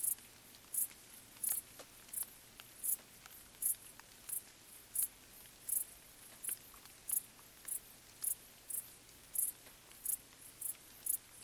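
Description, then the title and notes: Cricket stridulation: steady, repeated high chirps, accompanied by soft ticking raindrops. Crickets stridulating late at night in gentle summer rain on vegetation, along an abandoned railway track in Bad Boll, Baden-Württemberg; nearby village silent. "Crickets in gentle summer rain. Bad Boll, Baden-Württemberg. Recorded by Colin Hunter"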